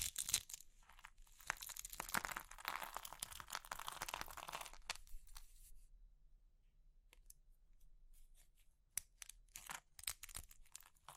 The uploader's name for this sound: Crushing Triggers Soap, Chalk, Meringue, Pastel